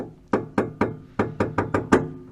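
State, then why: Seated. On a Massey Ferguson 2850E compact tractor, the hand cruise-control lever is pulled up through its ratchet to hold the foot pedal down. Sharp, woody clicks sound as it steps into its detents at 0.3, 0.6, 0.8, 1.2, 1.6 and 1.9 seconds, with the last click the loudest. The lever ends seated in its notch.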